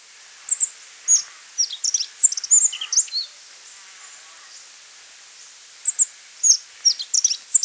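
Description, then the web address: Rock bunting song with two quick runs of high, sharp twittering notes, the second starting after a pause of nearly three seconds, over light background hiss. Song, in Pakistan. "Rock Bunting Song, Pak"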